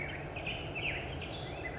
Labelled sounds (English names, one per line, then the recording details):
California Towhee
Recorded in Sonoma County, California